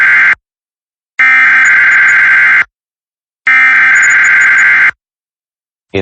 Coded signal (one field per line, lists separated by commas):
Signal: Emergency Alert System (SAME) tones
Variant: header bursts